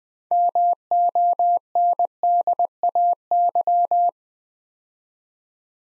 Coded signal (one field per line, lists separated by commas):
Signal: Morse code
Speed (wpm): 20 wpm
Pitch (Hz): 700 Hz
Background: none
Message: MONDAY